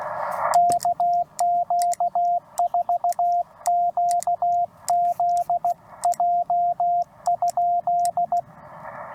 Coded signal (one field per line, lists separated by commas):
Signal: Morse code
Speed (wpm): 19 wpm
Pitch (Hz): 700 Hz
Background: radio noise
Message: KQ4QZJ?